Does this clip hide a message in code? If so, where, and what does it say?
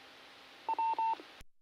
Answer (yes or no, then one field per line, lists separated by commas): no